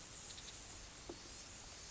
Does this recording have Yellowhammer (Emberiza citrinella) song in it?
no